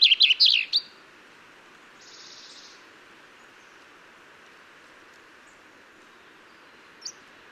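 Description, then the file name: Common chaffinch song fragment: a short burst of high, quickly repeated notes lasting under a second, then quiet with a faint hiss and one later chip. "Fringilla coelebs"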